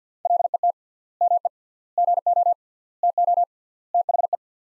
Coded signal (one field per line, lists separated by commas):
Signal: Morse code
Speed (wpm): 50 wpm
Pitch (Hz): 700 Hz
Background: none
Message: LET ME GO TO THE